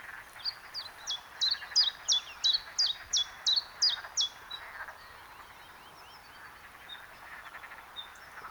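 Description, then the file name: Common chiffchaff singing a series of about ten clear, evenly spaced chiff-chaff notes, roughly three per second, then falling quiet over soft background noise. "pierwiosnek Phylloscopus collybita"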